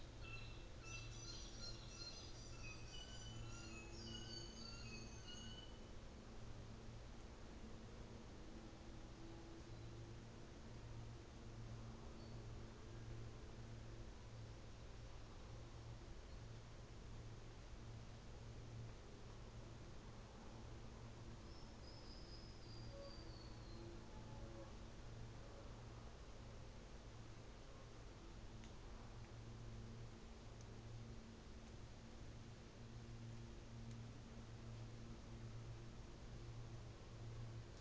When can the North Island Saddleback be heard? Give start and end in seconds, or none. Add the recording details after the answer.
0.16-1.26, 2.47-6.06. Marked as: faintness 4/5, faintness 3/5. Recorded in New Zealand on 24 December 2018. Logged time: 14:05